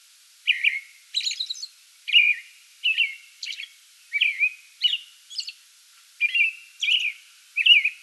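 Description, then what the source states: American robin song, a run of rich whistled carols interspersed with high squeaky notes. Song bout recorded 8 May 2022.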